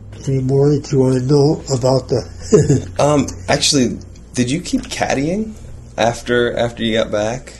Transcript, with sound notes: Any more that you want to know about [laughing]
Actually, did you keep caddying after you got back?